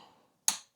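A click-type torque wrench re-checks the torque on the front-wheel bolts of a Tenere 700 motorcycle. After a faint fading rustle, the wrench gives a sharp metallic click at its preset setting at 0.5 s, and another sharp sound begins at 0.8 s as the clip ends. The bolts are confirmed at the set torque.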